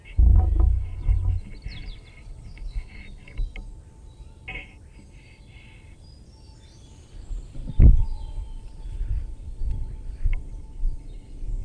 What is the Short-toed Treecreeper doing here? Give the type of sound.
song